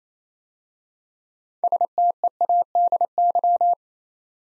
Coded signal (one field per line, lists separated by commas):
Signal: Morse code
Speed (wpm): 29 wpm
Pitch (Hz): 700 Hz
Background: none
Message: STEADY